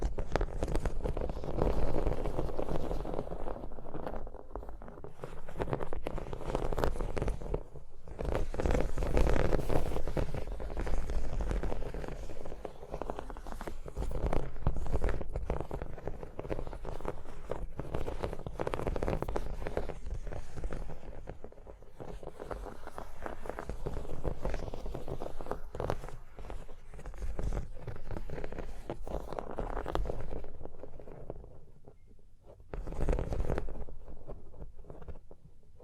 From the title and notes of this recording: ASMR Hypnotic Surface Tapping, Scratching, Tracing Sounds (No Talking).